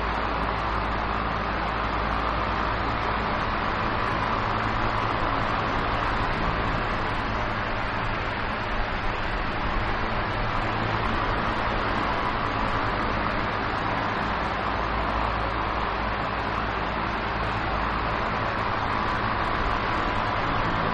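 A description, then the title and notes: A fan runs at a constant speed, giving an even, unbroken whoosh that never rises or falls. Underneath sits a low, steady hum with a faint rumble, and the sound has a dull edge with little hiss at the top. Fan Noise For Sleeping.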